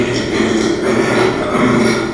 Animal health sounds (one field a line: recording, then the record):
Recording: squeal of a Yucatan mini pig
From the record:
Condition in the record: after surgery on the right vocal fold (resection and tissue-engineered implant)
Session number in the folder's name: 2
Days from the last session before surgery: 13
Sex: male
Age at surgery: 12 weeks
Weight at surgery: 13 kg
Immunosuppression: cyclosporine, prednisolone